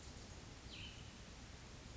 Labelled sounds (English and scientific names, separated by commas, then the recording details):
Cassin's Vireo (Vireo cassinii)
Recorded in Sonoma County, California